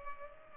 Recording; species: mosquito wingbeat signal from an infrared sensor; Culex pipiens